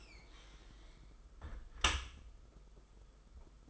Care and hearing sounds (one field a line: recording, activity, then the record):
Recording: daily activity, microphone in the room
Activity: close dishwasher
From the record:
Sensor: 5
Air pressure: 991.5 hPa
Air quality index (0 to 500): 117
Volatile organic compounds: 37 ppm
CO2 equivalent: 3105 ppm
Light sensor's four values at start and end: 40/126/48/51 and 40/125/47/51